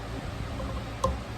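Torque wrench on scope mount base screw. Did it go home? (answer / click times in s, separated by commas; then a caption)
yes / 1.0 s. A click-type torque wrench turns a scope mount base screw against a low, steady background hum with faint tonal hints. At 1.0 s the wrench gives a single short, sharp click with a ringing tone, confirming the screw has been torqued to the wrench's setting.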